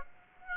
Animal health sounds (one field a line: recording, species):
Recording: mosquito wingbeat signal from an infrared sensor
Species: Aedes aegypti